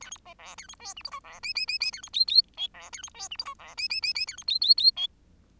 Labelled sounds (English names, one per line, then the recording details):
Bengalese Finch song
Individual Bird10